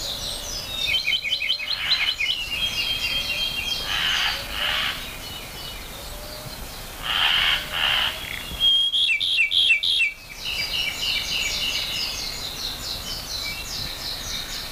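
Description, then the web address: Japanese robin song: rapid rattling, trilled phrases repeated throughout, with a loud burst between about nine and ten seconds. "sikioto. akahige"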